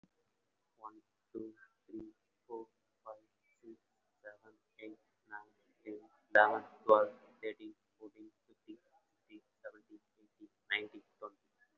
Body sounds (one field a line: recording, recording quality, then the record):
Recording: counting at a fast pace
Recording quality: moderate, slight background noise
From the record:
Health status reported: recovered from COVID-19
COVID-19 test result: positive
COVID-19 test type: RT-PCR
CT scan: taken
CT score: 0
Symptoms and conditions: cough, asthma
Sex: male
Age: 18 years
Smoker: no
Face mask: worn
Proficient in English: yes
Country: India